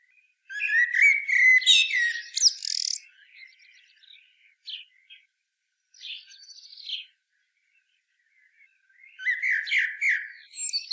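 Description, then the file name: Common blackbird singing a mellow warbled phrase with high scratchy flourishes at the end, then quieter twittering notes and another strong phrase near the end. "Turdus merula"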